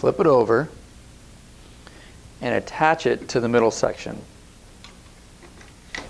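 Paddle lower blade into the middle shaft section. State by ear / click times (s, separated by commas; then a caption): seated / 5.9 s. Someone talks while the lower blade of a three-part composite paddle for a Sea Eagle LongBoard Hybrid Inflatable SUP is flipped over and pushed onto the middle shaft section, with faint ticks in the quiet gaps. A sharp tick at 6.0 s marks the blade snapping into place on the shaft.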